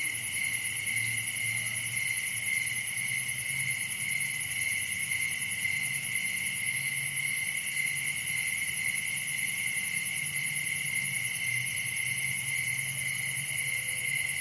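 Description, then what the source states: Crickets chirp in a dense, steady night chorus, with continuous high trilling bands layered at several pitches and a low rumble underneath. Crickets, recorded at night in summer in a wooded area of Dell Creek State Wildlife Area.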